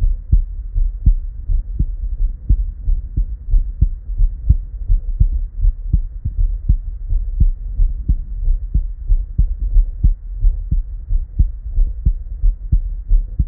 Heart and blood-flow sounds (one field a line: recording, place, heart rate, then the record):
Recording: heart sounds by stethoscope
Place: Erb's point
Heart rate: 90 bpm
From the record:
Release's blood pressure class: normal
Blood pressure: 118/66 mmHg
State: at rest